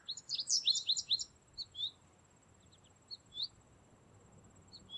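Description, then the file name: American Goldfinch giving a quick series of high, bright twittering notes at the start, then a few separate thin chips spaced apart. "Carduelis tristis - American Goldfinch"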